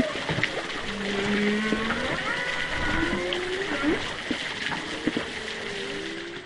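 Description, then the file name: Humpback whale calls underwater, long tonal moans and whoops gliding between low and mid pitch, overlapping with fainter higher cries, over a constant hiss of water movement. Recorded underwater in east Australia in August; whale distant; choppy water movement. "zapsplat animals whales humpback underwater distant east australia august choppy water movement"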